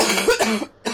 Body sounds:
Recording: coughing mixed with background sound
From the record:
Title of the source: 61 morning phlegmy cough...again

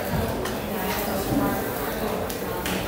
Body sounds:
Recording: background sound without coughing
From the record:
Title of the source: 40 min - Ambience sounds UNIVERSITY lunchroom chatting

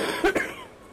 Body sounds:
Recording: coughing mixed with background sound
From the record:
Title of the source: 31 night wet cough

